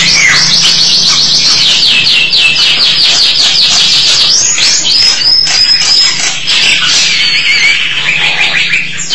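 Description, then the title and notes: Starling song, a dense, fast chatter of rapid repeated high notes mixed with bright whistles and buzzy trills, running continuously over a steady low hum. "suara burung jalak"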